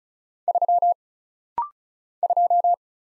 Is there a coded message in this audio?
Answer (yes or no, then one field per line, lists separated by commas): yes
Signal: Morse code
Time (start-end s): 0.5-2.7 s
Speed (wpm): 36 wpm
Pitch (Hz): 700 Hz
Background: none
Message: 3 2